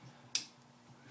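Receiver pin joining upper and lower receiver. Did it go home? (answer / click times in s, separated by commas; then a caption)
yes / 0.3 s. A takedown pin on a Bushmaster AR-15 M4 is snapped in after lining up the lower receiver with the upper to join them. A single sharp, bright click sounds at 0.4 s over a faint low hum, and the pin is seated.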